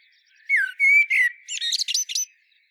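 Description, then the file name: Common blackbird song phrase: three clear fluty whistled notes, the first dropping, then a rapid burst of high squeaky chattering. "Turdus merula"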